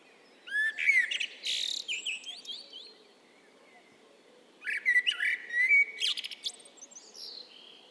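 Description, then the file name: Eurasian blackbird song: two separate phrases, each a fluty warble ending in thin, high twittering notes, with a quiet gap between them. "Turdus merula"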